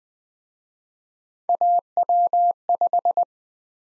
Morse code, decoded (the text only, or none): AW5